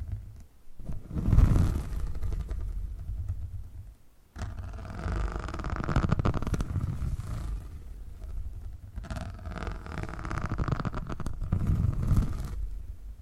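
Purring triggers fill the clip with a low, continuous rumble and soft scraping texture. The sound swells in bursts near 1–2 seconds, drops out briefly around 4 seconds, then resumes fuller, with brighter brushing surges around 6, 9 and 12 seconds.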